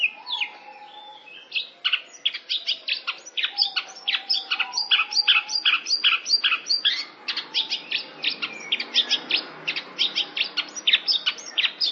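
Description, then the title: Long-tailed shrike song of quick, irregular high chips and short trills. "Cendet Pentet"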